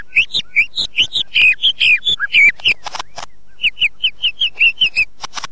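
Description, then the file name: White-rumped shama song: quick runs of clear chirped notes repeated several times a second, with a pause midway and brief noisy rustles. "murai batu kreasi om bp. omkicau"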